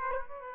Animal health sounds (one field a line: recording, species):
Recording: mosquito wingbeat signal from an infrared sensor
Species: Aedes aegypti